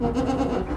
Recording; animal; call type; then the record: contact call of a hoofed animal; goat; low-frequency (closed-mouth) or high-frequency (open-mouth) call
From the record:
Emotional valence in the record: negative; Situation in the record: food frustration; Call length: 0.77 s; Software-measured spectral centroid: 1650 Hz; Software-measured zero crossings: 920 a second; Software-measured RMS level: -24 dBFS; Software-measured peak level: -12 dBFS